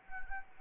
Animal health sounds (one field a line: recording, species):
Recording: mosquito wingbeat signal from an infrared sensor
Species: Anopheles arabiensis